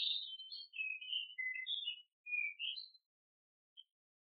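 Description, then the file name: Bird twittering: a quick string of high whistled chirps and slurred notes for about three seconds, fading out with one last faint note. Birds by the Shrine of the Bab. "Birds by the Shrine of the Bab(filtered)"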